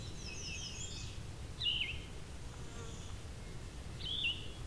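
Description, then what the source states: Yellow-throated Vireo song: two short, hoarse slurred phrases about two and a half seconds apart, with a higher buzzy sound at the start and steady low background noise. Not a frequent singer; its song is likened to a Red-eyed Vireo with a sore throat. At a spot between a quarry and a field.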